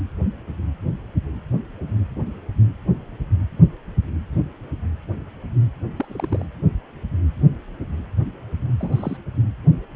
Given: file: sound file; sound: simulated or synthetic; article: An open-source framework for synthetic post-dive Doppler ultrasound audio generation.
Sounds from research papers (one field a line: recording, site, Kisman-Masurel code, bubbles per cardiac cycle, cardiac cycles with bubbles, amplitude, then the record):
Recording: Doppler ultrasound audio after a dive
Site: precordial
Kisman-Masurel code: 121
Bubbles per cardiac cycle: 1–2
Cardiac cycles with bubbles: 10–50%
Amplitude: barely perceptible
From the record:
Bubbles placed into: full cardiac cycles